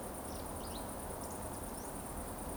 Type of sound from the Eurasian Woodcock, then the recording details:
whistle. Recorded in Baden-Württemberg, Germany, on 25 June 2020 at 20:14 UTC. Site 14569, 102 m above sea level